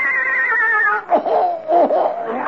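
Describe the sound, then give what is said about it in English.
A big English horse lets out a loud, high, quavering whinny lasting about a second, then breaks into a few shorter, rougher nickering bursts. “Well, I'll take this English horse.”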